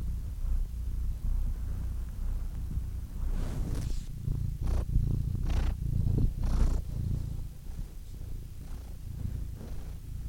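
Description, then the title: Domestic cat purring, a low continuous rumble with several sharper breathy bursts in the middle, the rhythm uneven. "The Ultimate Compilation of Adorable Cat Meows"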